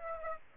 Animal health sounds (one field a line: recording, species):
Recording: mosquito wingbeat signal from an infrared sensor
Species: Aedes aegypti